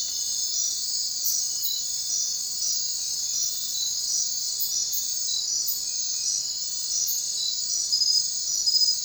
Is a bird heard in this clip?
no